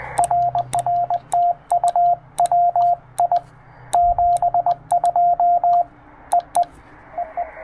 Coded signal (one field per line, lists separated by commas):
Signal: Morse code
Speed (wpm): 19 wpm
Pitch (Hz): 700 Hz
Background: radio noise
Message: RR TU W I 72 EE EE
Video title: It's Good to be Back: First POTA Activation Post-Hurrican Helene!